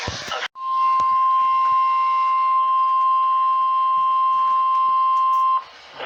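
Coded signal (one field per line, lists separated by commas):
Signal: Emergency Alert System (SAME) tones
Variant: 1050 Hz attention tone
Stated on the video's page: Real alerts captured during a derecho.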